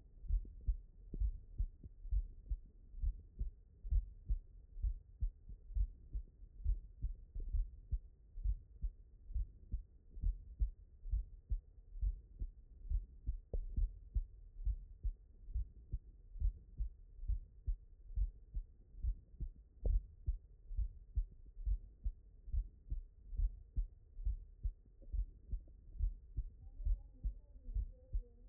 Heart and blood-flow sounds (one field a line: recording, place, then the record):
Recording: heart sounds by stethoscope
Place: mitral valve (MV)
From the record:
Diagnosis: non-HFrEF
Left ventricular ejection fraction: 56%